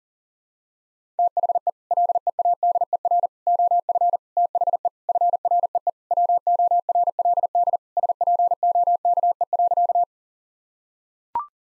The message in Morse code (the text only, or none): THE LEADER OF THE FREE WORLD SPOKE.